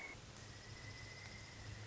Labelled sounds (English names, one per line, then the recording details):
Pileated Woodpecker
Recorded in Sonoma County, California